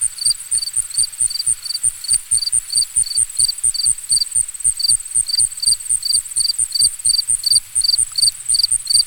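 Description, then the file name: Crickets give repeated high chirps in a quick rhythm, layered over a continuous shrill trill, with faint low pulsing beneath. Ambient nature recording of crickets. "Crickets and Frogs In the Distance"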